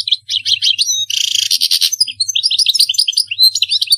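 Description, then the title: European goldfinch song: a dense, tinkling twitter with a rasping buzzy stretch in the middle, continuous throughout. "Chant Chardonneret"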